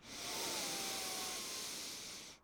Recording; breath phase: one breath near a microphone; inhalation